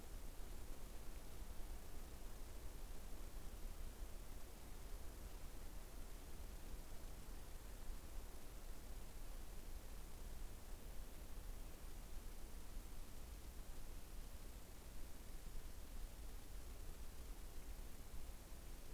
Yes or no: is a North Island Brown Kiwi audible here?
no